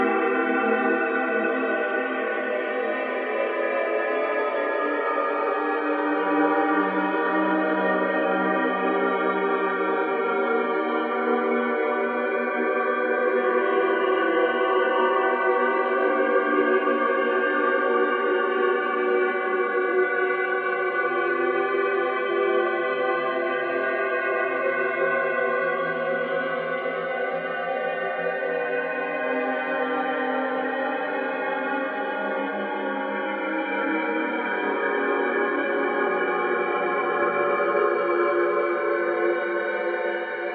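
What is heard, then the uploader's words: Dogs and wolves howl together in a dense, overlapping chorus of long sustained tones, steady and full throughout with no pauses. Mystical World of Howling Dogs and Wolves. The hauntingly beautiful and powerful howls of these majestic creatures fill the night air.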